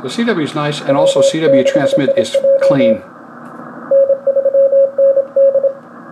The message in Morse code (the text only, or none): W6IJ N3ND